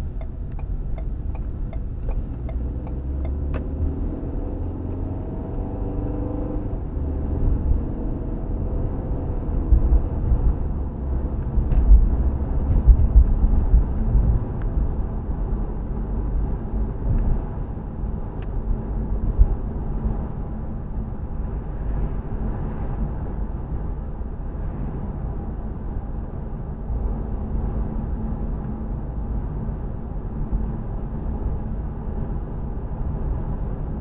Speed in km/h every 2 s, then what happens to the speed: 19, 29, 37, 45, 52, 55, 56, 58, 58, 60, 60, 58, 58, 58, 60, 60, 60.
0-11 speeds up to 56. 11-34 steady at about 58.